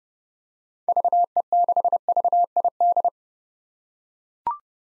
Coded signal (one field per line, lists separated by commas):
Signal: Morse code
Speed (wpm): 30 wpm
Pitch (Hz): 700 Hz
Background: none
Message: VE6VID